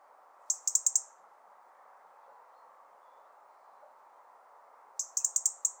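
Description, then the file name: European robin call bursts: two clusters of four or five rapid, thin, high ticks, separated by about four seconds of steady background hiss. "Erithacus rubecula"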